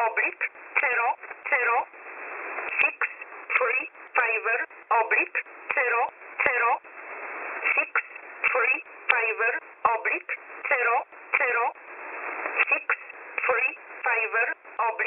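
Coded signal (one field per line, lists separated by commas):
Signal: numbers station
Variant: E11 Oblique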